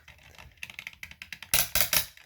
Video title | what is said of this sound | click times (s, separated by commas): Dyson loud noise fix | keep turning till you hear a click. | 1.5 s